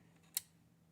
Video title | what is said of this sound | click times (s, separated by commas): Easy Home 19 Stitch Sewing Machine: Adjusting the Tension | make sure your thread goes this way right here, and you have to hear a little click. | 0.4 s